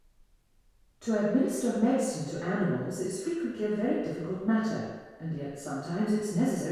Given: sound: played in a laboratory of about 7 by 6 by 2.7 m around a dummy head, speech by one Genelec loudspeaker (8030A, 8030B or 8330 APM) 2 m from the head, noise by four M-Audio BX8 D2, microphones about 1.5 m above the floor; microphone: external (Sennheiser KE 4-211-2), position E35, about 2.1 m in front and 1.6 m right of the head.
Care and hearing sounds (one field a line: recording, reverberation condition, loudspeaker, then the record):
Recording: female speech in English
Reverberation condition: high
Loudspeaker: 90 degrees to the right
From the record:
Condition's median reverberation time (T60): about 1300 ms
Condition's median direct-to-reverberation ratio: about -4.0 dB